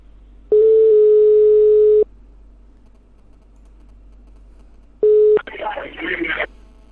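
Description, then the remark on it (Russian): A number is dialed again on a telephone: a steady, low tone hums for about a second and a half, falls silent, then returns briefly before giving way to a burst of rough, garbled line noise. “Так, еще раз наберу.”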